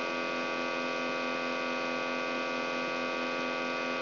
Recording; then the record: brain microelectrode recording played as sound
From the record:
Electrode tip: outside the subthalamic nucleus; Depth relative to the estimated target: -6 mm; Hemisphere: left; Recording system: AlphaMap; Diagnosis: Parkinson's disease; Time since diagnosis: 17 years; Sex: male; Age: 64 years